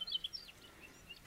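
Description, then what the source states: Siberian rubythroat: a few faint, high, sharp notes at the start, followed by quieter scattered chirps. Recorded on Teuri Island, Hokkaido.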